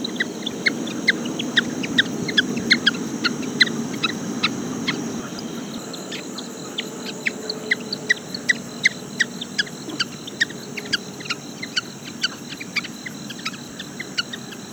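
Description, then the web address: Frog giving many sharp, clicking ticks at a quick, irregular pace over a low steady rumble of background noise. "Frogs World"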